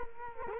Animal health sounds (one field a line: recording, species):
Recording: mosquito wingbeat signal from an infrared sensor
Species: Culex quinquefasciatus